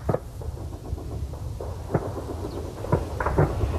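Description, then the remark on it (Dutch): Military gunfire from a US Army exercise rumbles in the background, a series of dull booming thuds spread irregularly over a steady low roar, with a few sharper reports near the end and no talking. “Op de achtergrond hoor je de schoten van het Amerikaanse leger dat hier ook oefent.”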